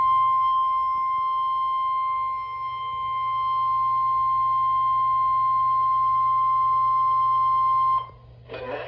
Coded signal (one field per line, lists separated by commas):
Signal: Emergency Alert System (SAME) tones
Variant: 1050 Hz attention tone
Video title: Severe Thunderstorm Warning (EAS #92)